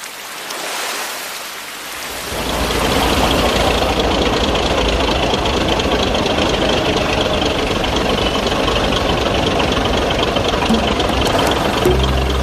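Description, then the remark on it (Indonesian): After about two seconds of soft hiss, a boat engine roars to life at night for a boat ride on the sea and keeps running in a loud, steady, rumbling drone with a rough, noisy texture. No one speaks. “Asik kan naik perahu malam-malam?”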